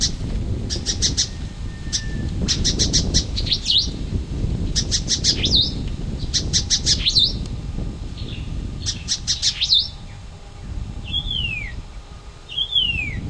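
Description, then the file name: White-eared monarch calling: bursts of sharp ticking notes mixed with short downslurred whistles, the clearer slurred whistles near the end, over a steady low rumble. Recorded in August. "White-eared Monarch aug 08"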